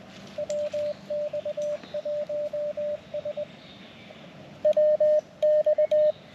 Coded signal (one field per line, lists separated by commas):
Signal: Morse code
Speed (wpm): 20 wpm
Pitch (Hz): 610 Hz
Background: radio noise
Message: WX1S WX